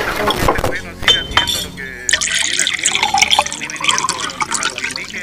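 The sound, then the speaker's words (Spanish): A few glassy clinks, then a steady, bright splashing rush of water poured into a glass that runs for several seconds, with a brief voice at the start, at a family meal in the telenovela Raíces de Violencia. “Papi, ¿me pasas el agua?”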